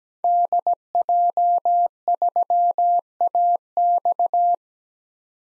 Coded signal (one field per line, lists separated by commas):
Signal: Morse code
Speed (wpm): 17 wpm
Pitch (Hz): 700 Hz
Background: none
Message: DJ3AX